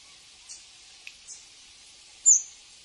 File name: canto do saira beija flor